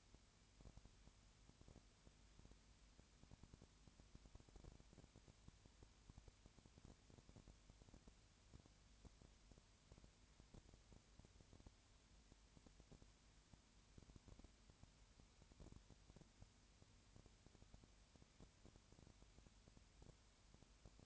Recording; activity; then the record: daily activity, microphone in the room; no activity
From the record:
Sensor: 2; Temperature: 20.4 degrees Celsius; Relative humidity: 35.5%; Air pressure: 1007.1 hPa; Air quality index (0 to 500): 122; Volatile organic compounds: 2 ppm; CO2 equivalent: 1257 ppm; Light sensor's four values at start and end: 2/3/2/2 and 2/3/2/2